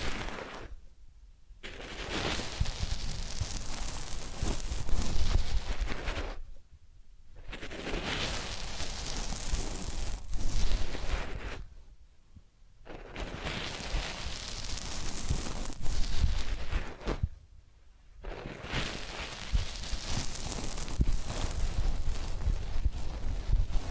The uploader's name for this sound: Massage, Ear Cleaning and Spa